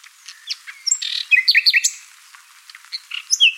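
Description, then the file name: Common nightingale song: a varied run of high whistles and sharp repeated chirps, with a bright series of rapid notes around the middle, then a pause and a few more phrases. "Luscinia megarhynchos"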